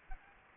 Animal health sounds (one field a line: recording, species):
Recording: mosquito wingbeat signal from an infrared sensor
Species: Anopheles gambiae